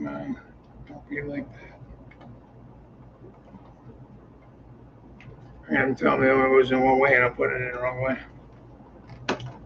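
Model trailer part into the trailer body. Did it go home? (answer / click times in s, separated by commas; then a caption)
yes / 9.3 s. A part of a model railroad trailer that had been put in the wrong way round is turned and pressed back into the trailer body while someone talks. A single sharp snap is heard at 9.3 s as the part seats back into place.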